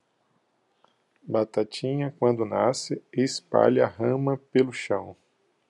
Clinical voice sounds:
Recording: short text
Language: Brazilian Portuguese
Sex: male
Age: 40 to 49 years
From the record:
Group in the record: control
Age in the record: 44 years

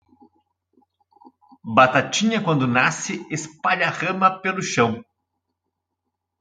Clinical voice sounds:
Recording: short text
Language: Brazilian Portuguese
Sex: male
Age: 30 to 39 years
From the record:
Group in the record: control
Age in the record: 37 years

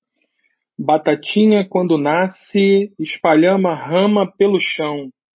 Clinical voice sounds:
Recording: short text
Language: Brazilian Portuguese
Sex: male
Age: 40 to 49 years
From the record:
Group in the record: control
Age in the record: 43 years

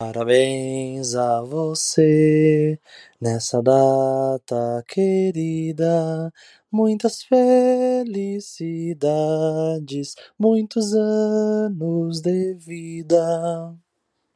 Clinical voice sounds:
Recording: short text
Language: Brazilian Portuguese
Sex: male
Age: 20 to 29 years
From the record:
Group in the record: control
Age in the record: 24 years

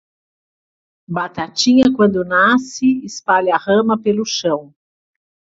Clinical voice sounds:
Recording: short text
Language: Brazilian Portuguese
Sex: female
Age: 50 to 59 years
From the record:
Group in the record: control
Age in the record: 57 years

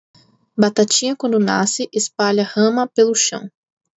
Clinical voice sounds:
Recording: short text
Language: Brazilian Portuguese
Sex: female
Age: 20 to 29 years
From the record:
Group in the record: control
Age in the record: 27 years

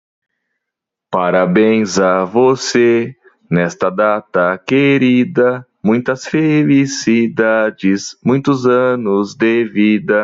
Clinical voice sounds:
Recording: short text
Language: Brazilian Portuguese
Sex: male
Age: 30 to 39 years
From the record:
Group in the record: control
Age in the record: 37 years

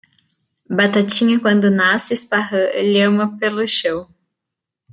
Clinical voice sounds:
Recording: short text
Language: Brazilian Portuguese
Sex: female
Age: 20 to 29 years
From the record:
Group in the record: control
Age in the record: 21 years

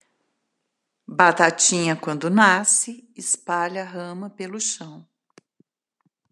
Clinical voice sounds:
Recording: short text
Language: Brazilian Portuguese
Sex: female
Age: 60 to 69 years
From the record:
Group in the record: control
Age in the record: 60 years

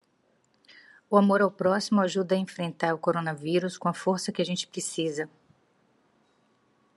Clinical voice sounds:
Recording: spoken sentence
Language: Brazilian Portuguese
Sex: female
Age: 50 to 59 years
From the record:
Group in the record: control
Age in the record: 53 years

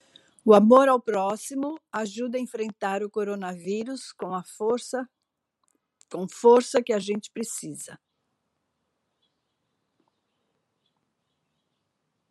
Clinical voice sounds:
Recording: spoken sentence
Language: Brazilian Portuguese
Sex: female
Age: 60 to 69 years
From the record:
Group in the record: control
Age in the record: 67 years

